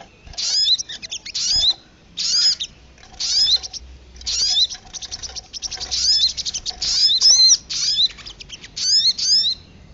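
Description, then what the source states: Lovebird giving shrill, screechy chatter in uneven bursts, some longer and some clipped, separated by brief pauses. Lure call recording used for trapping birds.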